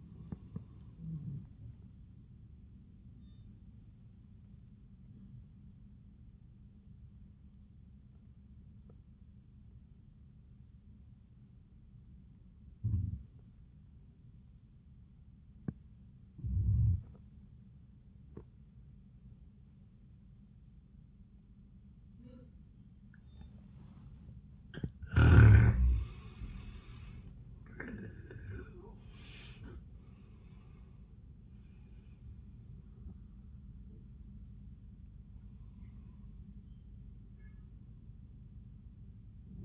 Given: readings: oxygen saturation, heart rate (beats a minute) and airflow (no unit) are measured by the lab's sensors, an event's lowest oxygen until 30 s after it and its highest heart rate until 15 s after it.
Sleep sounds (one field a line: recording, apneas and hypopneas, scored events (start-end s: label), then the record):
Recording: breathing in sleep by a smartphone at the bedside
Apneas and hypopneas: 1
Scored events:
6.00-25.50 s: obstructive apnea (N1, oxygen 95% highest, then 77% lowest)
From the record:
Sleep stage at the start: N1 (lightest sleep)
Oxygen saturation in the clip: 81 to 95%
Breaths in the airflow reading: 4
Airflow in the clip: -25.4 to 27.1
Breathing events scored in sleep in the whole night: 400 in 8.7 hours asleep